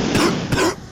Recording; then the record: coughing mixed with background sound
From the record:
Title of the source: Coughing 46